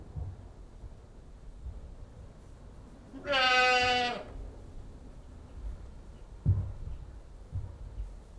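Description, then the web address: Goat giving one loud, level, nasal bleat of about a second, with a soft thump afterward and low background rumble. One goat bleating, livestock. "BBC Sound Effects Library. One Old English Goat Bleating"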